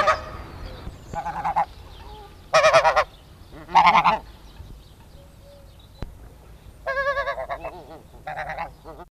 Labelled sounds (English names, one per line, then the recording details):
Snow Goose call
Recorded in captivity
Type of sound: call
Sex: pair
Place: Zoo Münster, Nordrhein-Westfalen, DE
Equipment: Halbspur, 9,5 cm/s
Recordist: Lütgens, Hans
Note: Ein Paar